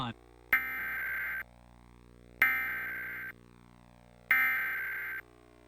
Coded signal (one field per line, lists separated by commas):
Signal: Emergency Alert System (SAME) tones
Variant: header bursts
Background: speech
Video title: Required Monthly Test from WHNS (EAS #202)